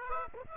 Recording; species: mosquito wingbeat signal from an infrared sensor; Aedes aegypti